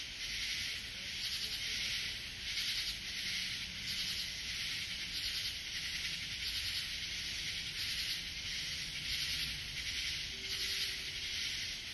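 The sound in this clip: Katydid giving steady rhythmic rasps, repeated about every one and a quarter seconds above an even background insect chorus.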